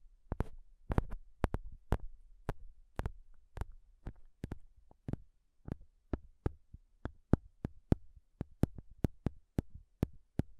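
Fingernails tap sharply on a microphone in a steady string of crisp clicks, roughly two to three per second, each with a dull low thump beneath it. The first second or so brings a quick flurry of taps, then the rhythm settles and stays even to the end.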